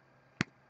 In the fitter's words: you can hear that it clicks in place it posts very securely which is nice